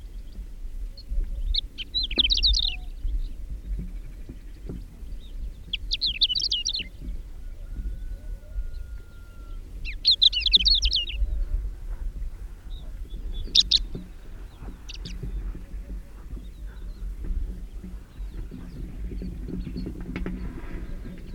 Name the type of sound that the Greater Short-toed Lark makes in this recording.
song